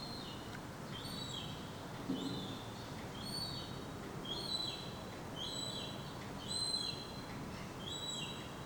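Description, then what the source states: Gull chick piping softly: several high, clear whistled notes, each ending in a brief falling slur, over steady low background rumble. Young gull chick.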